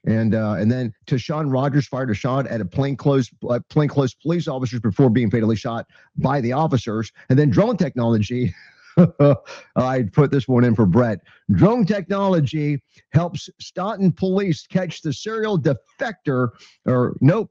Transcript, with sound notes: and then Tashan Rogers fired a shot at a plainclothes, uh, plainclothes police officers before being fatally shot by the officers. And then drone technology. (laughs) I put this one in for Brett. Drone technology helps Stockton police catch the serial defector,